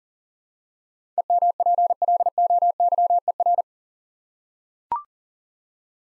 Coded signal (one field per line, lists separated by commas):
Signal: Morse code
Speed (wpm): 40 wpm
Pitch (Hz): 700 Hz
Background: none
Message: EMPLOYER